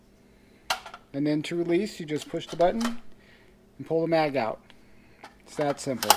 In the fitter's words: just to show you how it works we'll put the magazine in see now it's locked into place and